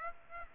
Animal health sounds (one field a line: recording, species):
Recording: mosquito wingbeat signal from an infrared sensor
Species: Aedes aegypti